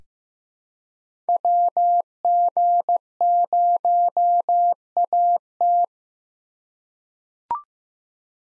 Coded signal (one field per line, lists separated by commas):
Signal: Morse code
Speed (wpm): 15 wpm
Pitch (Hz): 700 Hz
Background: none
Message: WG0AT